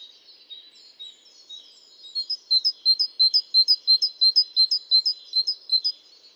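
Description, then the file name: Great tit, faint twittering building into a long, regular string of sharp, high two-note phrases, close to three each second. "Parus major"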